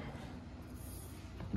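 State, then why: Not seated. A part of the cable reel assembly for an Instrum milliohmmeter is pushed onto the central shaft of the reel stand, with low rumbling handling noise and a brief sharper sound near 1.4 s. The part does not fit onto the shaft, and nothing has seated or clicked yet.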